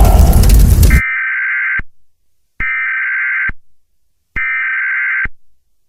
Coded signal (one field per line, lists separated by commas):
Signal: Emergency Alert System (SAME) tones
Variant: header bursts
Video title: |EAS Scenario: SCORPIUS REX| A Jurassic World EAS Scenario.